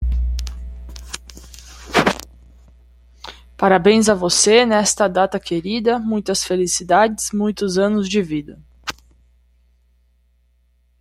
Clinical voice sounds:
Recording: short text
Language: Brazilian Portuguese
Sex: female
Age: 30 to 39 years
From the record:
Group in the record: control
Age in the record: 33 years

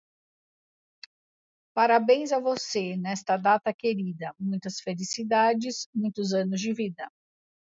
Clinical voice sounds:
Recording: short text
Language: Brazilian Portuguese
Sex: female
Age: 40 to 49 years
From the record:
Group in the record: control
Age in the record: 49 years

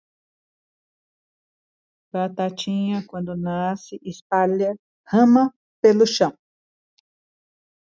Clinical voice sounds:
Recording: short text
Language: Brazilian Portuguese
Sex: female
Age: 60 to 69 years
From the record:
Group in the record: control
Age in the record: 62 years

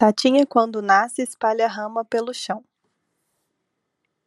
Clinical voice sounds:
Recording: short text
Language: Brazilian Portuguese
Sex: female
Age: 30 to 39 years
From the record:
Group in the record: control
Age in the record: 31 years

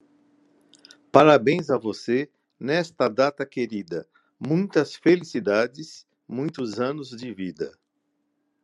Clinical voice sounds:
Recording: short text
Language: Brazilian Portuguese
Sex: male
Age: 50 to 59 years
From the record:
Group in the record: control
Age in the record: 54 years

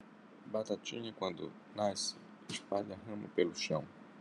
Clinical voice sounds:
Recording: short text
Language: Brazilian Portuguese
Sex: male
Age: 50 to 59 years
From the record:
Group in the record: control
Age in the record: 50 years

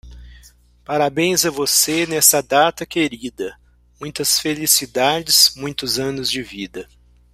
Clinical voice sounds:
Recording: short text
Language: Brazilian Portuguese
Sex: male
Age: 50 to 59 years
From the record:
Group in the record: control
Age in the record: 55 years

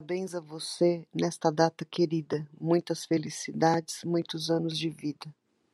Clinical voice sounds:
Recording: short text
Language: Brazilian Portuguese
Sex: female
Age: 50 to 59 years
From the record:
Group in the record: control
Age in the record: 51 years

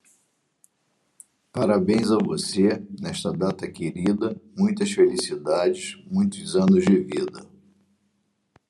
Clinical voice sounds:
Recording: short text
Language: Brazilian Portuguese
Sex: male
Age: 60 to 69 years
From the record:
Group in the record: control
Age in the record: 64 years

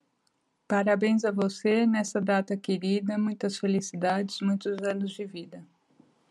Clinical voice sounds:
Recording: short text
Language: Brazilian Portuguese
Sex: female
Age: 50 to 59 years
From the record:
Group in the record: control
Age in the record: 53 years

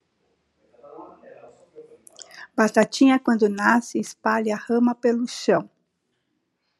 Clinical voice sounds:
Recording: short text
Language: Brazilian Portuguese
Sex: female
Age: 60 to 69 years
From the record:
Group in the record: control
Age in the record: 60 years

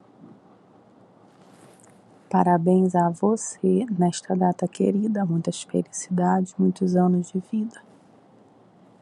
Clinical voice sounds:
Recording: short text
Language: Brazilian Portuguese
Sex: female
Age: 40 to 49 years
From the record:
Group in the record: control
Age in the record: 44 years

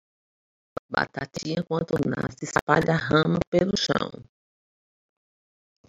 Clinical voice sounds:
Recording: short text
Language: Brazilian Portuguese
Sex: female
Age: 60 to 69 years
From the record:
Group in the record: control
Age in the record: 64 years

